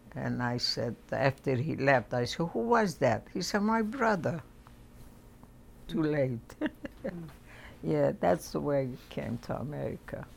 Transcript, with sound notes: And I said — after he left, I said, "Who was that?" He said, "My brother." Too late. [chuckles] Yeah, that's the way we came to America.